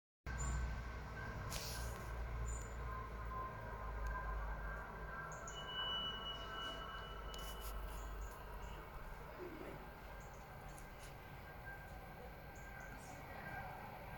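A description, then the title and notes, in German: An S-Bahn train on the S40 line pulls into Greifenstein-Altenberg with a steady, dense rumble that stays loud and eases slightly toward the end. A deep hum underlies the first eight seconds, sharp clanks break through near two and seven seconds, and a thin squeal sounds briefly around six. Einfahrt S-Bahn S40 nach Wien FJB in Greifenstein-Altenberg. Oktober fährt die S40 nach Wien FJB in Greifenstein-Altenberg ein. Es hat 25°C, das Wasser 19°C.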